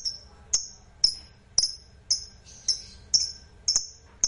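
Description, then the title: Lovebird giving short, piercing high chirps about twice a second, each a sharp whistled note. Fighter lovebird singing energetically (gacor). "Berkat SUARA Lovebird FIGHTER GACOR Ini"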